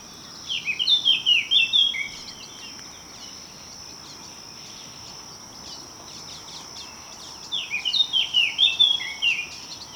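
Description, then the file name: Eurasian blackcap song: two rapid warbling phrases, one at the start and one near the end, separated by silence, over a constant high-pitched insect hum. "Sylvia atricapilla"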